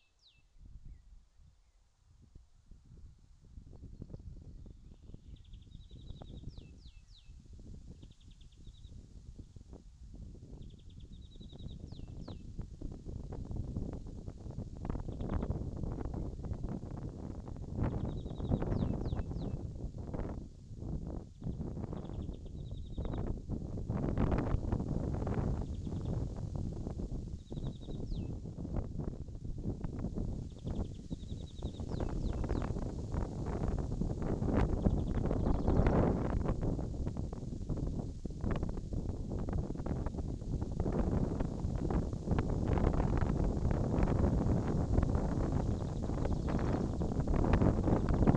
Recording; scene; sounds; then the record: everyday scene through a hearing-aid microphone; wind on the microphone; wind, birds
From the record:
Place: in front of a rural house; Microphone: in the ear canal, left